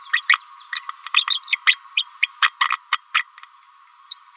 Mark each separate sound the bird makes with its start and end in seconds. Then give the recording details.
0.13-0.21, 0.28-0.39, 0.72-0.83, 1.14-1.25, 1.27-1.40, 1.43-1.57, 1.66-1.76, 1.96-2.05, 2.22-2.28, 2.42-2.52, 2.60-2.78, 2.92-2.98, 3.14-3.24, 4.11-4.20. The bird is a female. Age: 28 days. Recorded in a nest box in Venezuela. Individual 17B31A3